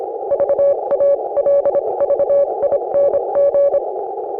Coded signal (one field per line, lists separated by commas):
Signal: Morse code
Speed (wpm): 28 wpm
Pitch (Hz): 560 Hz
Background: none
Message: VALVING